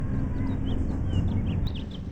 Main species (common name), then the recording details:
House Finch. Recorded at Valley Stream on Long Island, New York, on 17 June 1975. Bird A